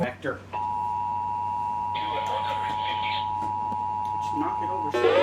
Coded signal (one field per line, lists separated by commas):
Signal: Emergency Alert System (SAME) tones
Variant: 853 and 960 Hz attention tone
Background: speech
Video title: SVR #4 on 11 stations (7/28/23) EAS 1903-1914